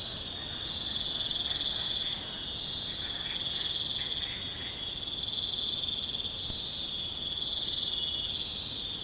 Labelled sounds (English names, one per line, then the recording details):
none
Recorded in pastures near Puerto Asís, Putumayo, Colombia, on 21 December 2024 at 22:00
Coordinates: 0.466, -76.322
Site G040